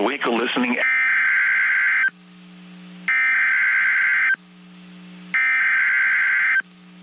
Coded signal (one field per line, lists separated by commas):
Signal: Emergency Alert System (SAME) tones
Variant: header bursts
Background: speech